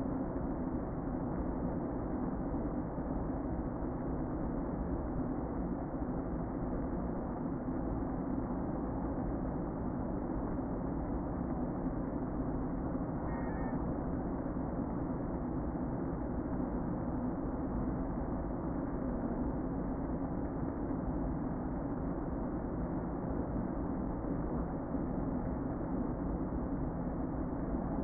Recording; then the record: honeybee colony, microphone inside the hive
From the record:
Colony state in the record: queen present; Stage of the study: before two queens were removed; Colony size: about 60,000 bees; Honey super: yes